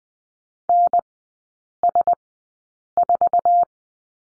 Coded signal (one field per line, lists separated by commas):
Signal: Morse code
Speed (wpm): 20 wpm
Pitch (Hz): 700 Hz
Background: none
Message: NS4